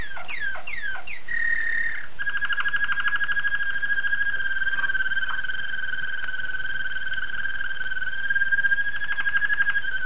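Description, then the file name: Waterslager canary song: several quick downslurred notes, then a long, even rolling trill with slight wavering that lasts about eight seconds. Waterslager breed of canary. "suara kenari waterslager"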